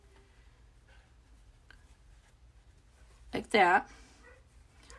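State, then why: Not seated. A plastic snap prong is pushed through a hole made in a fabric pouch and lined up before the cap goes on. Quiet handling with a faint tick around 1.7 s, then someone talks briefly near 3.4 seconds. The cap has not been put on and nothing has snapped yet.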